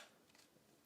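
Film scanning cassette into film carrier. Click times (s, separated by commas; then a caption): 0.4 s. A full-border scanning cassette is dropped into a 120 film carrier, where magnets hold it. One short tick is heard at 0.4 s as the cassette seats, over a quiet background. The cassette is seated in the carrier.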